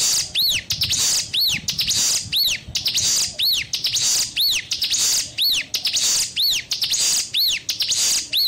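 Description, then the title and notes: Spiderhunter song: ringing arched notes with buzzy high chips, repeated evenly roughly every second. Bird singing actively (gacor) with a clear, long song; cage-bird training song (masteran). "Pijantung Gunung Gacor Jernih Panjang. Masteran burung"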